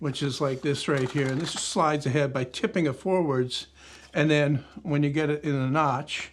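Someone talks while the wooden prototype moving jaw of a long bar clamp is tipped forward and slid along the wooden bar toward a notch, with faint handling sounds under the voice. The clip ends before the jaw drops into the notch, so nothing has seated or locked yet.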